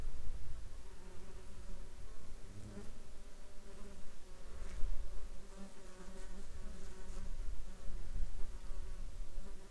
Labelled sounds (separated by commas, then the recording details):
insects
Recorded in the Arctic National Wildlife Refuge, Alaska, on 17 July 2021 at 10:05
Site 33